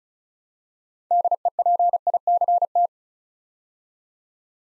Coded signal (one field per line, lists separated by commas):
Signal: Morse code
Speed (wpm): 36 wpm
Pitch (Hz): 700 Hz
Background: none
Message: DEPICT